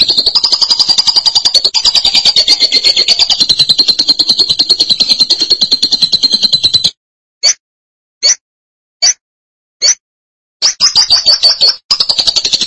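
Lovebird song: sustained fast buzzy chatter for about seven seconds, then a few short separate chirps, then the rattling chatter resumes.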